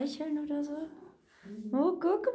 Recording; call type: domestic cat vocalisation; chirp